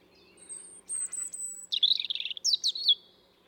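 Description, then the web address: European robin song: thin very high sustained whistles, then a quick tumbling warble of lower twittering notes and bright sliding phrases. "SETE data Erithacus rubecula"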